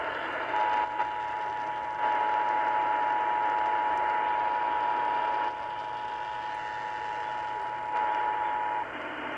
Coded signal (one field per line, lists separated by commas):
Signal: Emergency Alert System (SAME) tones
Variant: 853 and 960 Hz attention tone